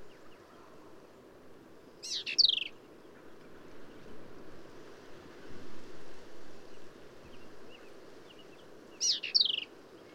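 Black-capped vireo song: two brief, harsh, slurred phrases several seconds apart over a low rumbling background.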